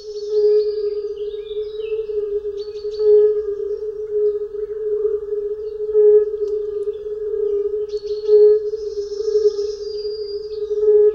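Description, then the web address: European fire-bellied toads in chorus: a steady, mellow low hooting hum at one pitch, swelling briefly every few seconds, with birds chirping and trilling high above. "Tajemnice puszczy Kumak nizinny"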